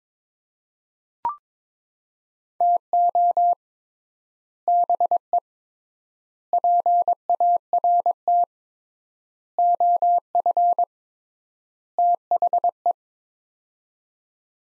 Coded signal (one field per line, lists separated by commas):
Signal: Morse code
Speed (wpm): 22 wpm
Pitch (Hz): 700 Hz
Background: none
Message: TO BE PART OF THE